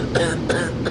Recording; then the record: coughing mixed with background sound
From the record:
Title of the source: female coughing - coughing sound effects girl